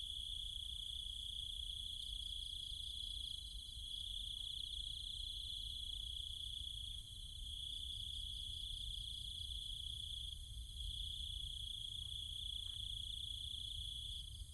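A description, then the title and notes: Cicadas and other insects drone steadily through the night, a dense, shrill high buzz that holds almost unbroken for the whole stretch, with faint pulsing layers above it. A soft low rumble sits underneath, and the chorus dips briefly around seven seconds before resuming. Cicada countryside, Thailand. Nighttime sounds of the cicadas and insects in the trees and fields, Chiang Mai, Thailand. Recorded by Alex Boyesen.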